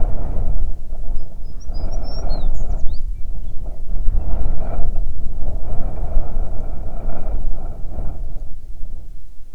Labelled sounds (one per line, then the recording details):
songbird
wind
insects
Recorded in the Prudhoe Bay oil fields, Alaska, on 9 June 2019 at 16:54
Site 21